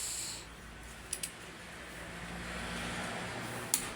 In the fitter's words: op lumalagutok oh kagaling-galing ng aming token